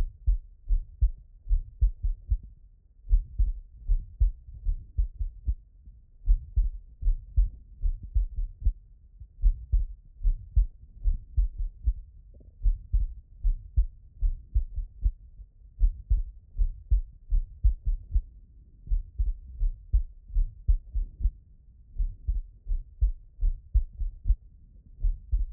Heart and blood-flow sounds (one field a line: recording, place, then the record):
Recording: heart sounds by stethoscope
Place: pulmonary valve (PV)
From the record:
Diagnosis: non-HFrEF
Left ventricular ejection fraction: 71%